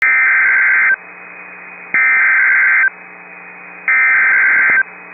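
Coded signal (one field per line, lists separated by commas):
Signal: Emergency Alert System (SAME) tones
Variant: header bursts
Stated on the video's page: Tornado Warning broadcast with EAS SAME tones.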